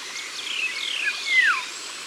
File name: Loriot d Europe Concerts Naturels De l Ardeche